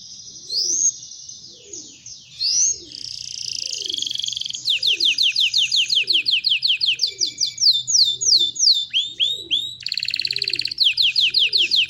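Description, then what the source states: Belgian canary song of whistles, rapid trills and buzzy rattles, over a low cooing-like sound repeated about once a second. Copper-coloured Belgian canary singing.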